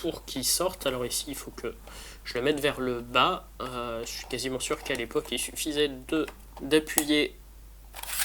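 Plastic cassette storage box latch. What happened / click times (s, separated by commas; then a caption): The plastic latch clicks open / 8.0 s. Someone talks while handling a clip-together plastic cassette storage box, made to hook onto the wall, holding a BASF LH cassette. After the button is pressed, short plastic clicks are heard at 8.0 s, as the latch releases and the holder opens to let the cassette come out.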